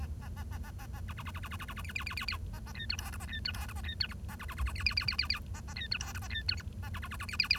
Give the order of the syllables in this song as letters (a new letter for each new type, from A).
A A A A A A A B B B B B B B B B C C C C C A A D E F G A D E F G A D E H A B B B B C C C C C C A A D E F G A D E H A B B B B C C C